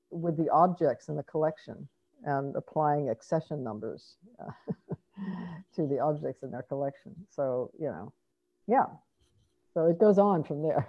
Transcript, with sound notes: with the objects in the collection and applying accession numbers [laughter] to the objects in their collection. So, you know, yeah. So, it goes on from there.